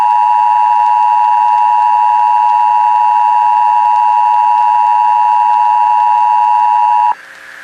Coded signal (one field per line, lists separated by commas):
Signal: Emergency Alert System (SAME) tones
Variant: 853 and 960 Hz attention tone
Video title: Eas scenario: lobotomy god